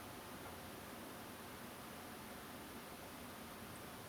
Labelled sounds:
Song Thrush (Turdus philomelos)
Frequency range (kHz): Song Thrush (Turdus philomelos) 8.0-10.2 kHz
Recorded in France

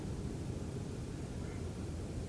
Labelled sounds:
none
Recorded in France

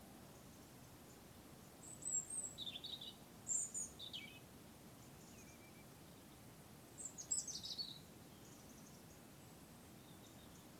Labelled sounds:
European Robin (Erithacus rubecula), Common Redshank (Tringa totanus)
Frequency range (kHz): Common Redshank (Tringa totanus) 2.2-3.1 kHz
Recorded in France

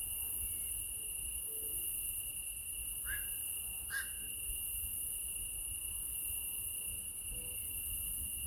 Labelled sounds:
unidentified animal sound, Long-eared Owl (Asio otus), Black-crowned Night-Heron (Nycticorax nycticorax)
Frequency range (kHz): Long-eared Owl (Asio otus) 1.9-2.5 kHz; Black-crowned Night-Heron (Nycticorax nycticorax) 1.0-2.3 kHz
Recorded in France

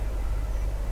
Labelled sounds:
Tree Pipit (Anthus trivialis)
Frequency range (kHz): Tree Pipit (Anthus trivialis) 5.4-6.4 kHz
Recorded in France

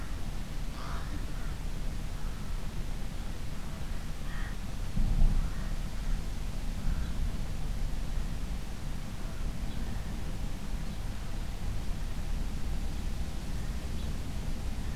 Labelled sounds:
Rook (Corvus frugilegus), House Sparrow (Passer domesticus)
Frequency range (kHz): Rook (Corvus frugilegus) 0.7-6.0 kHz; House Sparrow (Passer domesticus) 2.9-4.6 kHz
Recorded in France

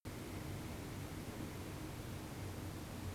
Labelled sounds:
none
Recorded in France

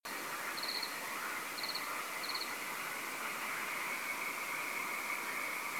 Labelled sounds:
frogs
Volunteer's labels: Autre biophonie grenouilles
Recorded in France

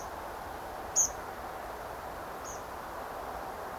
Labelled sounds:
Tree Pipit (Anthus trivialis)
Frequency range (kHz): Tree Pipit (Anthus trivialis) 4.8-13.7 kHz
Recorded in France

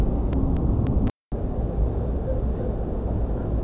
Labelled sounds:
European Pied Flycatcher (Ficedula hypoleuca), unidentified bird
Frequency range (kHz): European Pied Flycatcher (Ficedula hypoleuca) 4.4-8.3 kHz; unidentified bird 5.3-8.4 kHz
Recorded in France

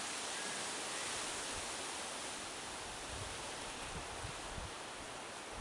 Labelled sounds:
Mallard (Anas platyrhynchos)
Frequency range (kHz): Mallard (Anas platyrhynchos) 1.5-2.1 kHz
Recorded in France

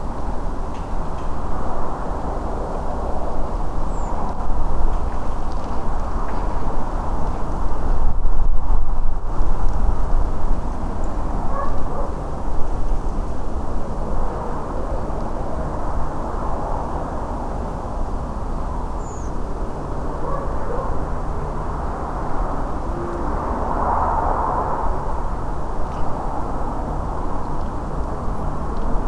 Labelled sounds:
Redwing (Turdus iliacus), Song Thrush (Turdus philomelos)
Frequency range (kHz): Redwing (Turdus iliacus) 5.5-8.2 kHz; Song Thrush (Turdus philomelos) 6.6-8.9 kHz
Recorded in France

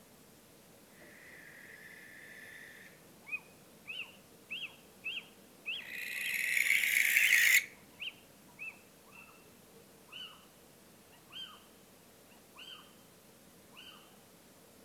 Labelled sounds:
Western Barn Owl (Tyto alba), Little Owl (Athene noctua)
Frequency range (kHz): Western Barn Owl (Tyto alba) 1.1-12.0 kHz; Little Owl (Athene noctua) 0.5-6.5 kHz
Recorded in France

